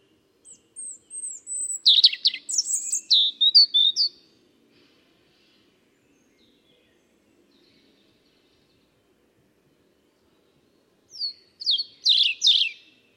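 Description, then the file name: European robin song: a run of high, thin, sliding notes and rapid twittering over about four seconds, a long pause, then another short sparkling phrase. "Erithacus rubecula"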